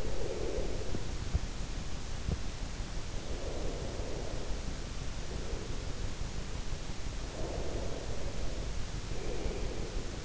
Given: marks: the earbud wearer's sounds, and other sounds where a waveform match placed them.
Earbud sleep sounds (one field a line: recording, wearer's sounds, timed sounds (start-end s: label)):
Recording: sounds in sleep by an in-ear microphone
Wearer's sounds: breath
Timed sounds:
0.00-2.75 s: breath
3.25-6.18 s: breath
7.14-10.24 s: breath